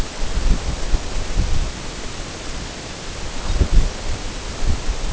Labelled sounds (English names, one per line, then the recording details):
Lapland Longspur
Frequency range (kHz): Lapland Longspur 3.2-4.3 kHz
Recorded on Arctic tundra, site NAIT-1, on 19 June 2018
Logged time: 21:00